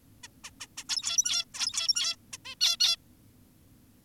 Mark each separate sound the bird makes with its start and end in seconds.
0.24-0.28, 0.44-0.51, 0.60-0.67, 0.78-0.84, 0.89-1.45, 1.54-2.16, 2.33-2.38, 2.45-2.55, 2.61-2.77, 2.80-2.96